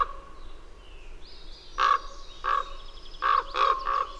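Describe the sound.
Bird giving harsh, buzzy calls in a loose series of several from midway on, after a quiet start with a faint high whistled note.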